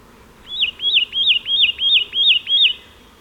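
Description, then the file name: Satin flycatcher giving seven bright whistled notes in a fast, even run, each note swooping up and falling away, over faint background hiss. "Myiagra Cyanoleuca"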